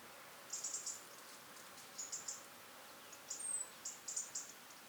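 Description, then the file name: European robin calls: short, very high ticking notes in loose clusters, with a thin, drawn-out high whistle in the second half, over a faint steady background hiss. "Erithacus rubecula"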